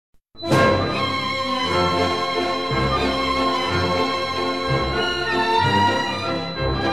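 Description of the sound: Simulated tinnitus: a steady high-pitched tone near 4 kHz, heard continuously over music.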